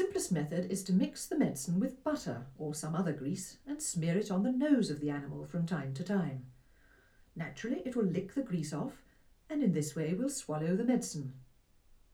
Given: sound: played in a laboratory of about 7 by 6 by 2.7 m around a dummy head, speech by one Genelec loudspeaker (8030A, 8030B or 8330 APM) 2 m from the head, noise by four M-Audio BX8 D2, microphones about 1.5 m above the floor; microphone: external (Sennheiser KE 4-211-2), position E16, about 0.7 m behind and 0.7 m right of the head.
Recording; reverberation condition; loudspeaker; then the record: female speech in English; low; 120 degrees to the left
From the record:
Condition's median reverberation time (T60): about 310 ms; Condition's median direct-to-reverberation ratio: about 3.5 dB